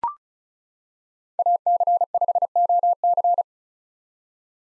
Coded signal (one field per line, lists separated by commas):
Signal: Morse code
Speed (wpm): 34 wpm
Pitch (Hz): 700 Hz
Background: none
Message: AC5OC